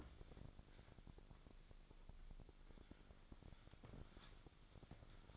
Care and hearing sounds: daily activity, microphone in the room; wipe stove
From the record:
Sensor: 5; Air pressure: 1001.7 hPa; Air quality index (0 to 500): 175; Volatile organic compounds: 10 ppm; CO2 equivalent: 2241 ppm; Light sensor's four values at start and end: 22/77/29/30 and 22/76/29/29

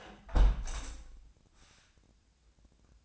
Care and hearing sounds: daily activity, microphone in the room; close window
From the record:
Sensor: 2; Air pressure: 1012.0 hPa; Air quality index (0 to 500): 124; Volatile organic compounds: 1 ppm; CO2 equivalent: 922 ppm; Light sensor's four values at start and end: 108/259/106/105 and 107/258/106/104

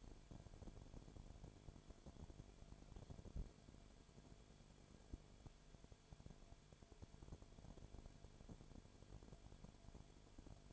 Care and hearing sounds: daily activity, microphone in the room; no activity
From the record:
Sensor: 5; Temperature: 19.9 degrees Celsius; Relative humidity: 35.6%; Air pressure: 1003.4 hPa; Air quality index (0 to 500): 56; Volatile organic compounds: 1 ppm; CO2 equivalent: 634 ppm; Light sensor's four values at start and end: 2/3/1/1 and 2/3/1/1

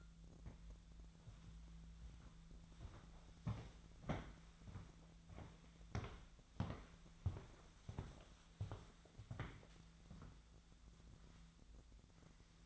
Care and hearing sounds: daily activity, microphone in the room; walk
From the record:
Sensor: 3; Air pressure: 1008.4 hPa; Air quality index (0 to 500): 191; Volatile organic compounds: 14 ppm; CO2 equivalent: 2454 ppm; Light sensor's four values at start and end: 19/47/20/21 and 20/48/20/21

